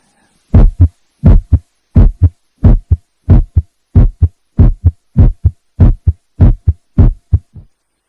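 Steady paired lub-dub heartbeats at about 92 a minute, clear and regular, from a real heart.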